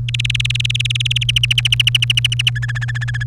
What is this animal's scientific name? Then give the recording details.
Serinus canaria. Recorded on 30 April 2018 at 17:44. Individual llb3